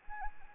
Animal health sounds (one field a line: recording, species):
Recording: mosquito wingbeat signal from an infrared sensor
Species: Anopheles arabiensis